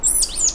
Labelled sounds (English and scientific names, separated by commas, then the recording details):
Stitchbird (Notiomystis cincta) song
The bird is a male
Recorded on Tiritiri Matangi Island, New Zealand, in 2005
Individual 1, of nest box 1